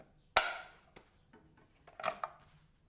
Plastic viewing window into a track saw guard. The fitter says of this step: then snaps in place